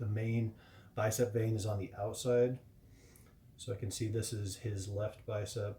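A 3D printed bicep piece is handled while being lined up with its joint in an action figure arm, while someone talks throughout. A faint short tick is heard around 3.2 s during a pause in the talk. Nothing has seated or clicked yet.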